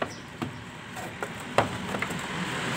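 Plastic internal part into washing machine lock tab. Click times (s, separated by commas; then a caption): 1.6 s. An internal plastic part of a Hitachi top-load washing machine is pried and pushed inward against its locking tab, with a few small knocks around 0.0, 1.2 and 2.0 seconds. A sharp click at 1.6 seconds marks the part seating into the lock.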